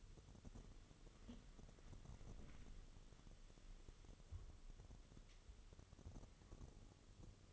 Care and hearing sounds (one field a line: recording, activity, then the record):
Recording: daily activity, microphone in the room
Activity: wipe stove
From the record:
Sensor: 4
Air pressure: 1016.0 hPa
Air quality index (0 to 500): 98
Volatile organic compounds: 2 ppm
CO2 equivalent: 1095 ppm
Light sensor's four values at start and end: 8/18/7/7 and 9/19/7/7